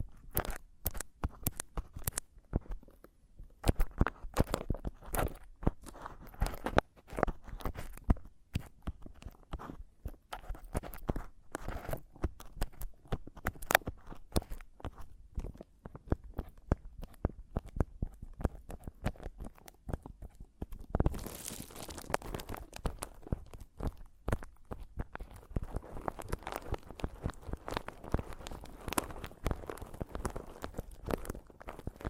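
Mic tapping and scratching: quick, irregular taps and knocks run through the whole clip, dense and uneven in rhythm. Around the 21-second mark a bright, rough scratching begins and continues with the taps, giving the second half a steadier hissy texture.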